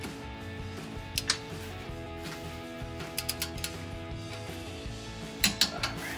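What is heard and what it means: A torque wrench set to 40 ft-lb tightens a steel exhaust clamp nut on a new aFe Apollo GT Series 3" direct-fit muffler on a 2019-2024 Silverado/Sierra 1500. Ratcheting ticks sound over a steady tonal hum, then a sharp double click comes at 5.4 s and 5.6 s. This confirms the nut has reached 40 foot-pounds of torque.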